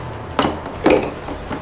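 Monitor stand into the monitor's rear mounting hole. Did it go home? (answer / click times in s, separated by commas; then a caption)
yes / 0.4 s. A monitor stand is pushed into the rear mounting hole of a PRISM+ C240 or C270 curved monitor made of plastic and metal. It clicks into place at 0.4 s, followed by a second knock at 0.9 s and a fainter one at 1.5 s. The stand is seated and fixed.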